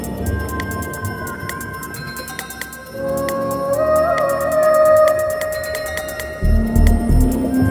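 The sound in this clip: Dolphin clicks in quick trains over steady humming tones, with a loud low rumble near the end.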